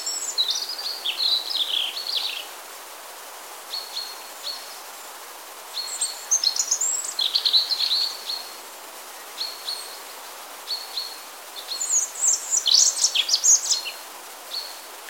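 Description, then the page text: European robin singing short high-pitched phrases of tinkling whistles and trills, separated by brief pauses, ending with a denser, scratchier burst. Singing and chirping. "European Robin Singing Chirping Rødstrupe. knut the bird nerd"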